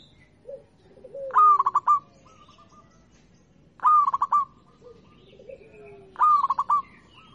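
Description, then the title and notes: Zebra dove song phrases of a slurred coo plus quick staccato notes, repeated about every two and a half seconds, with softer, lower descending notes between phrases. Local-type (lokal) zebra dove song. "Kicau Perkutut Lokal 1. Kicau Burung Perkutut"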